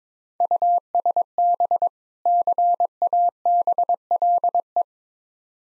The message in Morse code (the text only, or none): USB CABLE